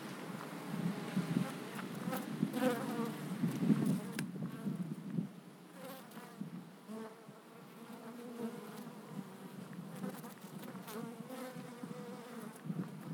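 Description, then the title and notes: Humming bees, a low buzzy drone rising and falling as individuals fly past, busier in the first few seconds. Bees flying in February at 16°C to collect hazelnut pollen, Langel, Cologne, Germany. "Langel, Köln, Deutschland - Bienen im Februar. Bees in February. Bei 16°C fliegen die Bienen auch im Februar, um Haselnusspollen zu sammeln"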